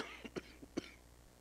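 Two quick pairs of short, muffled coughs from an unwell adult man, heard at a distance in a quiet room.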